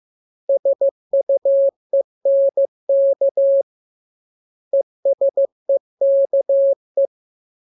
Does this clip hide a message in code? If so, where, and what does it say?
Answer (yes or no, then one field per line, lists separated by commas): yes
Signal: Morse code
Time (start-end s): 0.5-7.1 s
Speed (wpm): 15 wpm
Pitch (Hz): 550 Hz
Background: none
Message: SUENK ESEKE